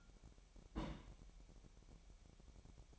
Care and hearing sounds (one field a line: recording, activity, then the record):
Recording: daily activity, microphone in the room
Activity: place on stove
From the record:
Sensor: 1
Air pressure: 1012.0 hPa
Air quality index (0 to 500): 221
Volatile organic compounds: 5 ppm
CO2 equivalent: 1771 ppm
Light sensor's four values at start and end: 64/153/64/67 and 64/153/64/67